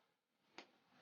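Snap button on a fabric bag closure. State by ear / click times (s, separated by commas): seated / 0.6 s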